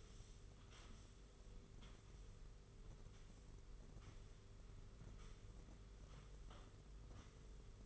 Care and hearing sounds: daily activity, microphone in the room; sweep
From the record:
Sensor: 4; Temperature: 27.3 degrees Celsius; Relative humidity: 40.1%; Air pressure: 991.3 hPa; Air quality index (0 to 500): 158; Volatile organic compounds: 127 ppm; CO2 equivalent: 3911 ppm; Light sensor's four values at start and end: 23/76/28/29 and 24/77/28/29

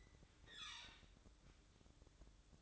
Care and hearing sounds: daily activity, microphone in the room; open fridge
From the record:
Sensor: 3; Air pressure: 1007.7 hPa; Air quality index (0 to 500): 74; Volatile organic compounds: 1 ppm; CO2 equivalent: 655 ppm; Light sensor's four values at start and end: 12/29/12/12 and 12/29/12/12

